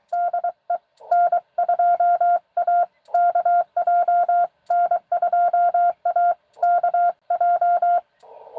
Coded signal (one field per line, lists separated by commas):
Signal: Morse code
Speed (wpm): 24 wpm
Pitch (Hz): 700 Hz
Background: none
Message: DE N2AKJ N2AKJ